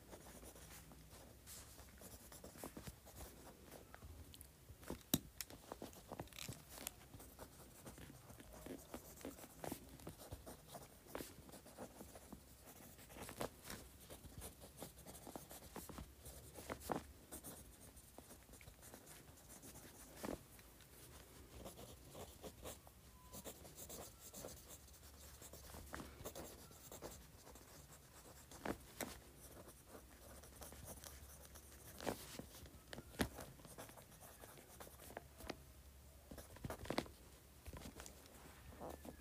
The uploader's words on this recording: ASMR Writing Quickly with Pen.